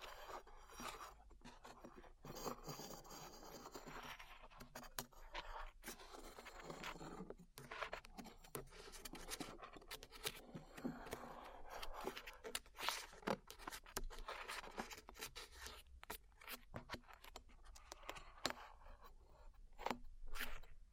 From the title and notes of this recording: ASMR Peeling Glue Off Your Ears (No Talking).